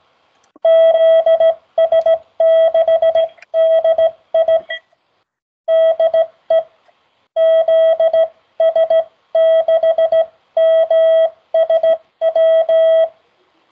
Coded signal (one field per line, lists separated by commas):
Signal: Morse code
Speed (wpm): 16 wpm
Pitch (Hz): 650 Hz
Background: none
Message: ZS6DI DE ZS6MSW